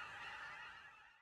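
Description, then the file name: Aleutian cackling goose: aleutian cackling geese yelping together in a thick chorus of overlapping high honks that fades away toward the end. Aleutian subspecies; a flock of geese. "sound ecology - aleutian geese"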